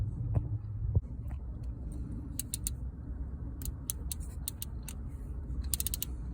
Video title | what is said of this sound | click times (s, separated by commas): Cascadia DD15 DD13 fuel injector cups specs | So you hear the click at 37 foot-pounds. | 5.7 s, 5.8 s